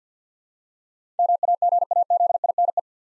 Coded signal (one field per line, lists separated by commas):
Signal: Morse code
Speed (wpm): 50 wpm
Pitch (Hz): 700 Hz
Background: none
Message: MAGAZINE